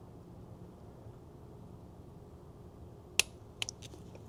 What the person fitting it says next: Yeah, it'll click like that. Hopefully, you guys heard that.